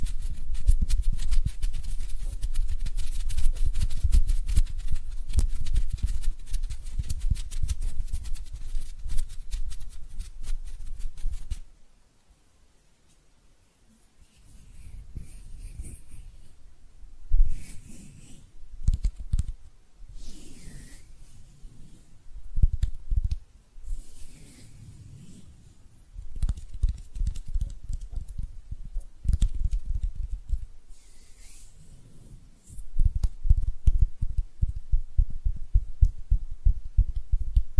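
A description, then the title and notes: Hand sounds with no talking. For the first twelve seconds a dense, steady rustle of fast scratching or rubbing fills the clip, then it drops to near silence and resumes as irregular bursts of brushing, tapping and soft swishes, some brighter and hissier. ASMR Relaxing Hand Sounds (No Talking).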